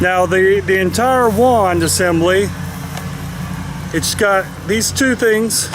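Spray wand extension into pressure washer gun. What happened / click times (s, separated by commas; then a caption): Handled, not yet home: plastic wand sections not yet locked / none. Someone talks while handling the two plastic sections of a pressure washer spray wand extension, fitting it into the pressure washer gun, over a steady low hum. The clip ends before the part goes home; nothing has seated or clicked yet.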